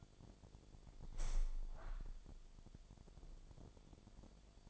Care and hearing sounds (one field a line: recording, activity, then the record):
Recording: daily activity, microphone in the room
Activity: open window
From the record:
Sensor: 5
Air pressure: 1006.6 hPa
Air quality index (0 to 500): 193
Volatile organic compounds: 5 ppm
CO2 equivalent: 1834 ppm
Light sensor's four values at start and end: 55/158/61/62 and 56/159/62/62